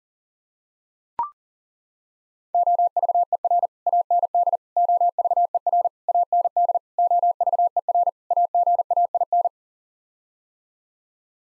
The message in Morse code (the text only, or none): OVER AND OVER AND OVER AGAIN